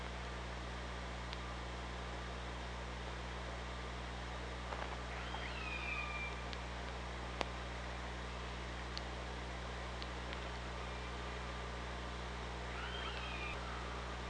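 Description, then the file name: Killer whale calls underwater, two faint upswept, wavering tonal calls several seconds apart, with scattered sharp clicks and steady low electrical hum. OrcaLab hydrophone, underwater, 24 August 2017 at 06:26. "Orca Lab UTLN JASON 20170824 062635"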